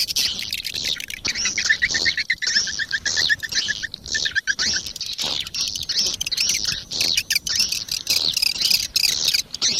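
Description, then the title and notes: Swiftlet chirps, a busy high twittering chorus, joined in the first half by a lower run of quick repeated chip notes. Sound used in swiftlet farming in Asia. "Swiflet Bird Sound. Farming Swiflet Bird asia sound"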